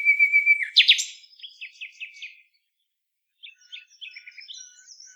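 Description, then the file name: Common nightingale song opening with a sustained whistle, then a sharp note and a string of quick descending chirps, falling silent before softer twittering resumes. "Luscinia megarhynchos"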